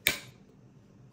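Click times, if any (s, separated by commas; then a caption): 0.1 s. A round plastic base plate is lined up with the pins on an Xbox Series X console case and twisted clockwise until it locks. A single loud, sharp click sounds at 0.1 s and quickly fades into quiet background. The base plate is seated.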